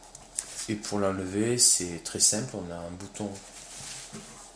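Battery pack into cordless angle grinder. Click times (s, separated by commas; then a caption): 0.4 s. An 18V Li-ion battery pack is slid along the rails of a Bosch Pro GWS 18V-LI cordless angle grinder, which came bare without charger or battery, and clips into place with a sharp click at 0.4 s. Someone talks through the rest of the clip. The battery is seated on the grinder.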